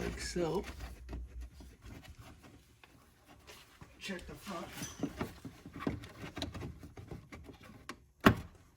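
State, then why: Seated. A front sequential turn signal housing for a Q50 is pressed into its mounting position on the car's front bumper while someone talks. A sharp click at 8.3 seconds marks the housing clicking into place, and the fitment is right on.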